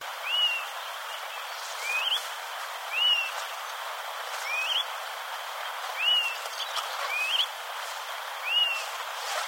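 Myiarchus flycatcher song: clear whistled phrases, alternately rising and falling, repeated several times over a broad hiss of background noise.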